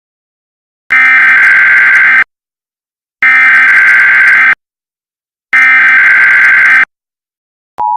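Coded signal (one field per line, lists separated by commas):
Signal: Emergency Alert System (SAME) tones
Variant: header bursts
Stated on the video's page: EAS scenario, a fictional alert.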